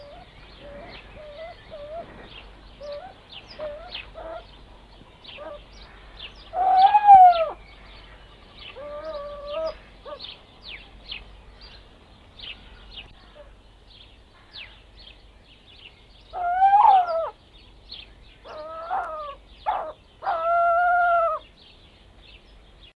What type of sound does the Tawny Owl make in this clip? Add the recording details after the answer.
call. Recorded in captivity. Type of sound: call. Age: adult. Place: Zoo Berlin, Berlin, DE. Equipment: Halbspur, 9,5 cm/s. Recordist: Lütgens, Hans. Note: Waldkauz mit Maus im Schnabel